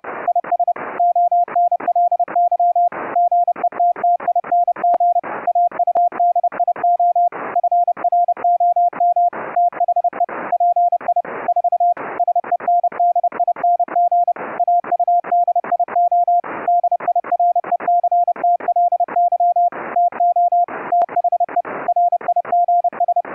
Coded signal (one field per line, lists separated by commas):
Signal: Morse code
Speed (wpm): 31 wpm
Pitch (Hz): 700 Hz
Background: none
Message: IS ONLY GETTING AUDIO FROM THE PI 4 SENDING AUDIO DIRECTLY TO THE RIGS